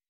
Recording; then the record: hydrophone in a shrimp aquaculture tank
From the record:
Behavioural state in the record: weakened